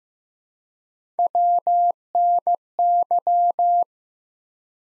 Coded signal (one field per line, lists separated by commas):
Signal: Morse code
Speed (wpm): 15 wpm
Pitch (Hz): 700 Hz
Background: none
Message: WNY